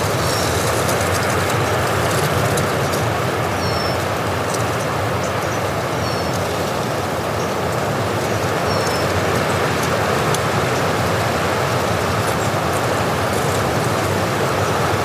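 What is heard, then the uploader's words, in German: Wind on the Hochgern blows as a steady, dense roar with a heavy low rumble and an even hiss above it, barely changing in strength for the whole span. A few faint, high chirps, likely birds, come through around the second, fifth and ninth seconds. Natur - Wind am Hochgern.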